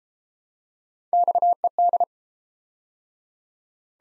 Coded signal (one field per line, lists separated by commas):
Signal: Morse code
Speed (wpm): 31 wpm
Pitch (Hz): 700 Hz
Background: none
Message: XED